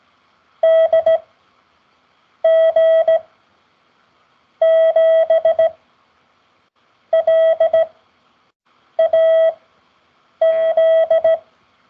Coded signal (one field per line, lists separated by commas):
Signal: Morse code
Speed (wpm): 17 wpm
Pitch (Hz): 650 Hz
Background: none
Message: DG7LAZ